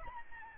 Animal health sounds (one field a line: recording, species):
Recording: mosquito wingbeat signal from an infrared sensor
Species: Aedes albopictus